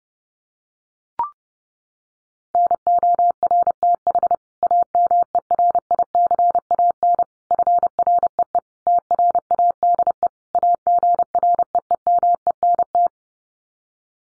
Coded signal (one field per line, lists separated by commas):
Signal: Morse code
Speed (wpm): 30 wpm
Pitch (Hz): 700 Hz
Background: none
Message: NORTH AMERICAN FREE TRADE AGREEMENT